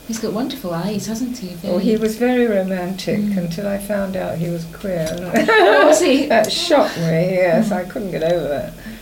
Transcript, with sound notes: He's got wonderful eyes, hasn't he?
Oh, he was very romantic until I found out he was queer. [laughs]
Was he?
That shocked me. Yes. I couldn't get over that.